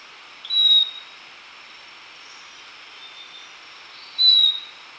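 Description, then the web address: Yellow-collared chlorophonia giving two clear, high whistles a few seconds apart. Recorded in Ecuador. "Birds of Ecuador. Yellow-collared Chlorophonia"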